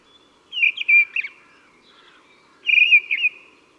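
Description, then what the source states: Mistle thrush song: two short, loud fluting phrases with a pause between them, each a quick run of whistled notes. Recorded in January.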